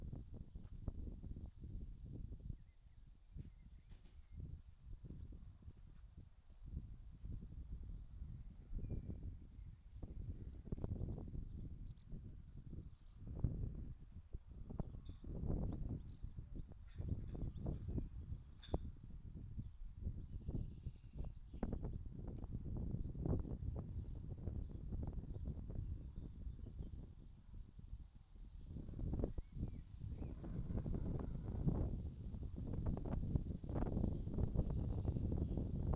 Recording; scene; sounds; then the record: everyday scene through a hearing-aid microphone; wind on the microphone; wind, other noises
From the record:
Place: in front of a rural house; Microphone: in the ear canal, left